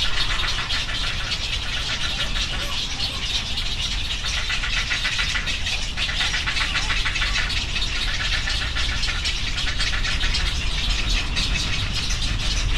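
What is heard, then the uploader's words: Egret and heron chicks call from the trees in a dense, unbroken chorus of rapid, scratchy chattering that holds steady at one level for the whole stretch. A low, constant rumble, like passing traffic, runs underneath. Several species of egret and heron chicks in trees at Ten Shrine in Moriyama City, Shiga Prefecture, Japan. Recorded on a Sunday afternoon with a Sony PCM-M10 recorder and omnidirectional mics attached to a backpack. Young Egrets and Herons at Ten Shrine.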